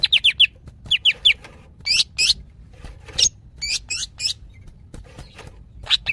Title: CUCAK IJO BETINA GACOR HIPER MEMANGGIL JANTAN